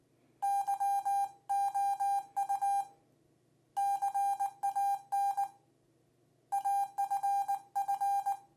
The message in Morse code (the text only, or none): YOU CAN AFF